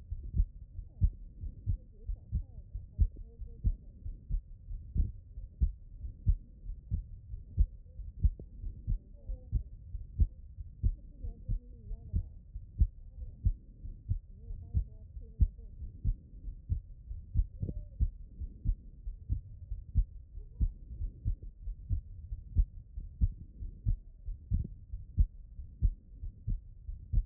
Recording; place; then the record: heart sounds by stethoscope; pulmonary valve (PV)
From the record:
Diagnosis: non-HFrEF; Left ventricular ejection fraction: 45%